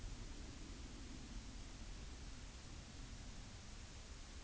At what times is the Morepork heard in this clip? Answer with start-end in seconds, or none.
none